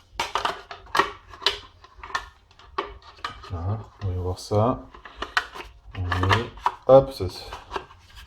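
While reassembling the mixing bowl of a Thermomix TM5 food processor after taking it apart, someone handles a removable part, likely the blade unit, and pushes it back toward its place in the bowl, producing short, sharp hard knocks and rubbing while someone talks. The clip ends just before the part goes home; nothing has seated or clicked into place yet.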